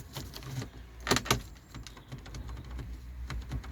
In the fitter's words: Didn't go in with a click, that one, but to be honest, if it pushes in, I think there's a bit of a funny